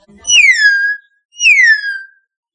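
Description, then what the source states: Common hill myna giving two loud, clear whistles about a second apart, each sliding sharply downward and then levelling off, with a faint soft note before the first. Chirping song.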